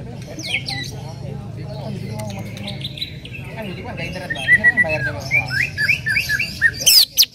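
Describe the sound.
Bird calls, scattered squawky and whistled notes that grow louder and busier toward the end, with a low steady hum underneath.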